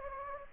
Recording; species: mosquito wingbeat signal from an infrared sensor; Anopheles gambiae